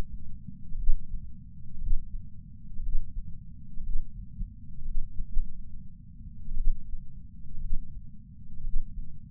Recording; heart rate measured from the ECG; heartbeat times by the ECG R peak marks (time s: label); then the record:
heart sounds by patch sensor on the chest; 61 bpm
0.76 s: heartbeat
1.79 s: heartbeat
2.81 s: heartbeat
3.81 s: heartbeat
4.83 s: heartbeat
5.30 s: heartbeat
6.54 s: heartbeat
7.59 s: heartbeat
8.62 s: heartbeat
From the record:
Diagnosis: coronary artery disease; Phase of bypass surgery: preoperative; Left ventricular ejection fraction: 61.1%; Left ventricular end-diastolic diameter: 60 mm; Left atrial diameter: 40 mm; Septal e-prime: 7.9 cm/s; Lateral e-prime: 9.6 cm/s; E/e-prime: 7.5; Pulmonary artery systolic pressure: 34 mmHg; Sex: male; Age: 65 years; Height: 168 cm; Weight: 73 kg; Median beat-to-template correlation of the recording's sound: 0.92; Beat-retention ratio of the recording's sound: 1.00